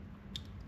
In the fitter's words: I don't know if you can hear a click, but it clicked.